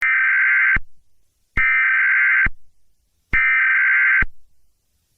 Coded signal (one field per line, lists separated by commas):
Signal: Emergency Alert System (SAME) tones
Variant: header bursts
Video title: Nuclear Attack EAS Scenario | Emergency Alert System | EAS Scenario | *NOT REAL*